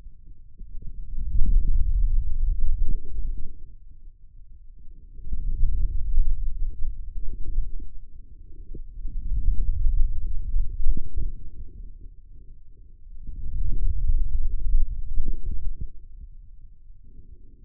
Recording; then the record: forearm muscle sounds (acoustic myography)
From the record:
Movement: hand closing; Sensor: system 2, bracelet of six BSWA MPA416 microphones around the upper forearm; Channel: 6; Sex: male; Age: 22 years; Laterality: right